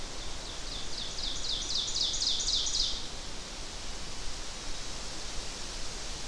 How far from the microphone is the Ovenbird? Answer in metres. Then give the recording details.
about 45 m. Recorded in boreal forest in Alberta, Canada, on 12 June 2016 at 06:52. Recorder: SongMeter 3, array SBT-3-18. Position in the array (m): 257 m, 102 m. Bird 31